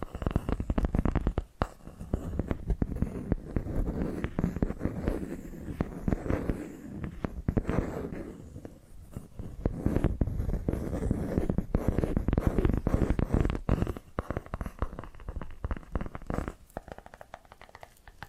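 Tapping and scratching sounds run continuously, dense sharp taps over a low rough scraping, with brief quieter gaps near two and fourteen seconds.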